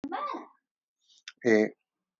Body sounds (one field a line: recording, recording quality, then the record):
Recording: sustained vowel as in made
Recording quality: moderate, slight background noise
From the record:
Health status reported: healthy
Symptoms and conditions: none ticked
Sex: male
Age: 31 years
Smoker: yes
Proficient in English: yes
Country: India